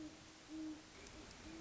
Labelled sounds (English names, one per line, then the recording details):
Great Horned Owl
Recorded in Sonoma County, California